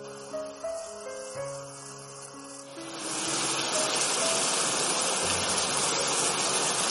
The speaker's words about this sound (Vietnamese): Mưa mỗi lúc một to hơn.